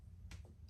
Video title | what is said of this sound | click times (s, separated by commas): Slingshot Knock Sensor - How to Replace! | one thing i did want to mention um make sure this connector is pushed in really tight you'll hear it click | 0.3 s